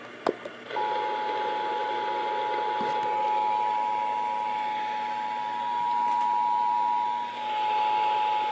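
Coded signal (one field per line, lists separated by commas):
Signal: Emergency Alert System (SAME) tones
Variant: 853 and 960 Hz attention tone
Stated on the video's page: National EAS test aired on 650 AM radio.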